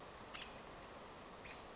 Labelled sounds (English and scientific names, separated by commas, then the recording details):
American Robin (Turdus migratorius)
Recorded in Sonoma County, California